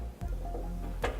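A 2-post lift is lowered so its carriage rests on the steel safety lock point inside the carriage on the column, taking the load off the hydraulics. Over a steady low hum, a soft knock comes at 0.2 s, then a sharp, louder clunk at 1.0 s as the carriage sets down. The carriage is seated on the lock.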